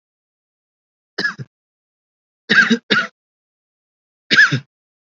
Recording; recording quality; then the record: shallow voluntary cough; excellent, no background noise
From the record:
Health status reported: COVID-19 positive, moderate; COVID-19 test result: positive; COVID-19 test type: RT-PCR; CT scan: not taken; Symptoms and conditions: cough, sore throat, fever, fatigue, muscle pain, loss of smell and taste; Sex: male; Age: 25 years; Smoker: no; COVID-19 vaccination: both doses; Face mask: worn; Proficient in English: no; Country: India